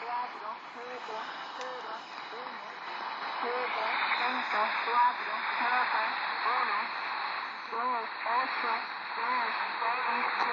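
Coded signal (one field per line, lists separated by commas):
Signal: numbers station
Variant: V02 Spanish lady, Spanish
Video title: 10345khz spanish lady V02 Number station HM01 Zahlensender 2014.6.29 Shortwave Kurzwelle DX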